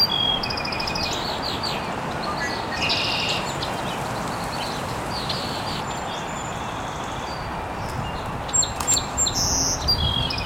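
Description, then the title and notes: Birds chirping with scattered high notes and a buzzy burst, then brief louder calls near the end over steady hiss. Birds chirping very early in the morning in an estuary. "Birds Chirping in the Early Morning. Original sounds of birds chirping very early in the morning in an estuary"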